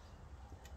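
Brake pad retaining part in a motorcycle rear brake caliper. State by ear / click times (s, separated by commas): not seated / none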